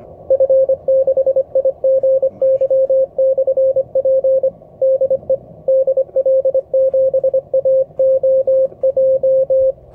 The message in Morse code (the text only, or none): F6IGY/P DE DL7AOJ